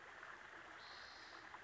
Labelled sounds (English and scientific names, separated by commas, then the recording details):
Spotted Towhee (Pipilo maculatus)
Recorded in Sonoma County, California